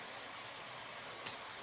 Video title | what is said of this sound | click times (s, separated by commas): Tugas Kelompok Siswa TKJ : Cara Crimping Kabel Straight #5 | udah kan gue udah bilang kalau udah bunyi klik itu berarti tandanya udah udah | 1.3 s